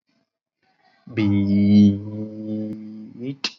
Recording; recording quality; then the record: sustained vowel as in beet; moderate, slight background noise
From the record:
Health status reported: COVID-19 positive, mild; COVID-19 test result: positive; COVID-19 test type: RT-PCR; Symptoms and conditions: cough, cold, fatigue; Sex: male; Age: 39 years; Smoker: no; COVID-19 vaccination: both doses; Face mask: worn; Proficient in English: yes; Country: India